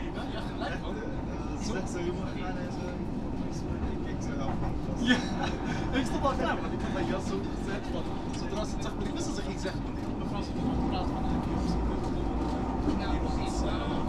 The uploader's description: Recording of waiting for the metro and the subsequent trip from Rotterdam Coolhaven to Schiedam Centrum.